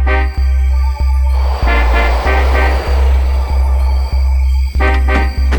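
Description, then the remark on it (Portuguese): A car engine idles with a steady, deep rumble and a regular ticking pulse about twice a second, while a broader whooshing hiss swells up through the middle and fades. “E só pra garantir, deixa o carro ligado.”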